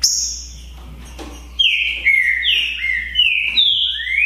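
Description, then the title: Green-winged saltator delivering a run of loud downward-slurred whistles ending in a rising note, after a brief high note and a short pause. Song contest (disputa) between trinca-ferro birds Naval and Demolidor, 2022 season; birds calling, singing and showing male display behaviour (macheando). "É UMA DISPUTA DE TRINCA FERRO PERFEITA!! NAVAL VS DEMOLIDOR 2022!"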